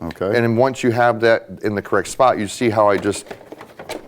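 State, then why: Not seated. Someone talks while an internal component of a Gaggia Brera espresso machine is handled, swung into position and locked to the side in the machine frame. A couple of small plastic knocks are heard near 3.6 and 3.8 seconds as the talking fades. Nothing has seated or clicked home yet by the end of the clip.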